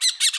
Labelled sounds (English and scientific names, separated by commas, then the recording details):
Brown-throated Parakeet (Eupsittula pertinax) contact call
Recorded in Bonaire
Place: just S of turnoff to Cai, near Lac Bay
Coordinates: 12.126, -68.239